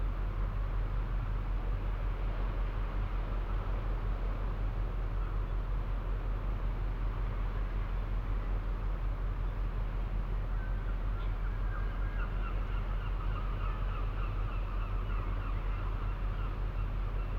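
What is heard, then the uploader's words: A fishing village harbour at night, filled with a steady, deep engine-like rumble and hum that stays constant throughout. From about eleven seconds, faint high chirps repeat over the drone, rising and falling in short runs. Fishing village harbour at night.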